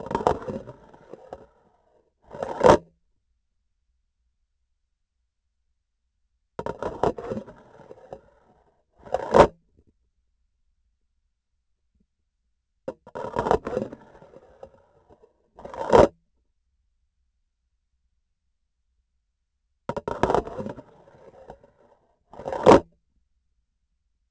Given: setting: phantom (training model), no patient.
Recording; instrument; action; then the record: laparoscopic instrument, vibration sensor on the handle end; grasping forceps; insertion and removal through the trocar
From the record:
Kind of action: spatial motion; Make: other than Olympus